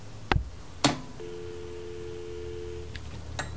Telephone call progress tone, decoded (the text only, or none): dial tone